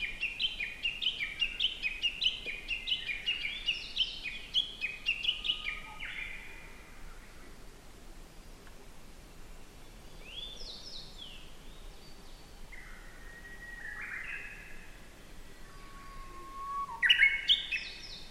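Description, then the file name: Japanese bush warbler song: a rapid burst of high, repeated notes, then scattered single phrases and a low drawn-out whistle, ending in another loud, quick burst. Recorded at Norikura, Japan, on 5 July 2019. "20190705-norikura bush warbler"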